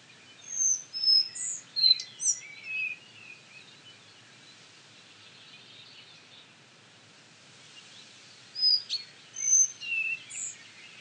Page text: Jelmer Poelstra - Мухоловка-белошейка (Ficedula albicollis)